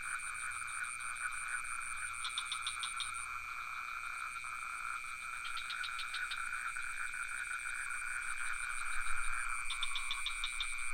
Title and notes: Crickets and frogs in Ubud. Recorded near the pond in Ubud. Sublime frequencies of crickets and some frogs